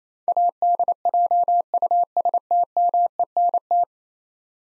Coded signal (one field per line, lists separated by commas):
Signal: Morse code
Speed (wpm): 28 wpm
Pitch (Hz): 700 Hz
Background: none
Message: ADJUSTMENT